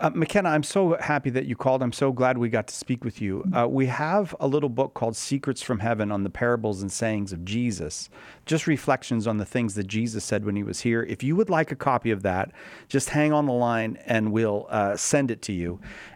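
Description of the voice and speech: A man speaks fluently at a steady, warm conversational pace with clear articulation, typical of ordinary healthy speech.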